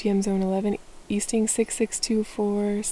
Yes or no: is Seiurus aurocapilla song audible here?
no